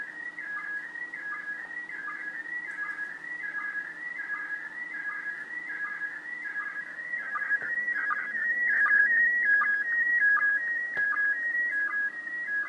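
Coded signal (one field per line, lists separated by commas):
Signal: SSTV (slow-scan television)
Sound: warbling tone around 1.6-2 kHz with rhythmic short low sync blips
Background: radio static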